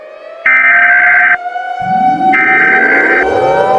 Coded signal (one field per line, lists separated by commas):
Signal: Emergency Alert System (SAME) tones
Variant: header bursts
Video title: The Unprecedented Outbreak(A long Mini EAS scenario)